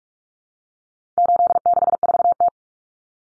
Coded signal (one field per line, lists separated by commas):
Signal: Morse code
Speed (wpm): 44 wpm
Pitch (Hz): 700 Hz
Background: none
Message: 864T